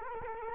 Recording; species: mosquito wingbeat signal from an infrared sensor; Culex quinquefasciatus